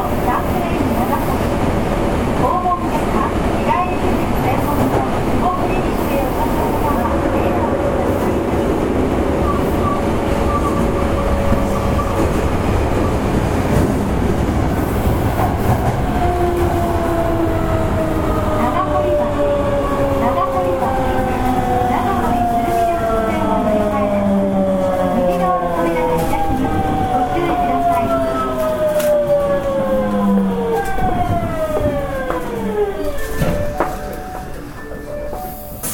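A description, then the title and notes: An Osaka municipal subway 66 series train runs with a steady, dense rumble and clatter. From about fifteen seconds a set of whining motor tones rises and sweeps downward as the train slows, with a brief pause in the noise near the end. 大阪市交通局 堺筋線66系 天下茶屋から天六まで. 大阪市営地下鉄 66系電車の走行音です。 堺筋線の列車にて収録しました。 区間は、天下茶屋から天神橋筋六丁目までです。 The running sound of the Osaka municipal subway 66 series train.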